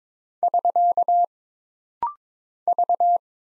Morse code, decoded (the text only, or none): <SK> V